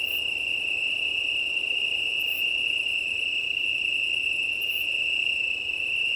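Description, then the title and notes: Italian tree cricket chorus droning without pause at a constant pitch. Chorus of many Italian tree crickets, 18 September 2019, 20:35, early night, Plateau de Lesches en Diois, Drôme, France; windy; recorded with an MKH 8020 microphone on a six-track recorder. "Chorus italien. 18 septembre 2019-20h35-Plateau de Lesches en Diois - Drôme. un chorus de Grillons italiens (Oecanthus pellucens)"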